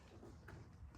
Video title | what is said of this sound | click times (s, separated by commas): How to install Spark Plug Wires on Your C6 Corvette - Edelbrock Ultra Spark 50 Ls1,Ls2,Ls3,Ls7,Ls9 | All right, so I got that one on at the bottom. It clicked in. I don't know if you hear that or not | 0.5 s